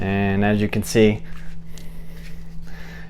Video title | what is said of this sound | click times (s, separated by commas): Stoeger STR9 Updated Review (2019) - Is it Fixed? | does fit but it does not click into place so I can | none